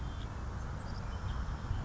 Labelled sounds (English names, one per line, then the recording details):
Savannah Sparrow
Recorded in Sonoma County, California